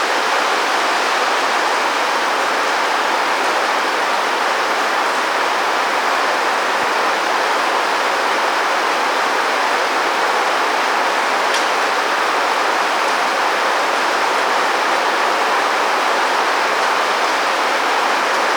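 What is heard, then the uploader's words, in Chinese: Rain falls on a skylight cover in a dense, steady hiss that stays even throughout, with a faint brief tick near twelve seconds. 來自我家的雨聲，這個是有採光罩版本的。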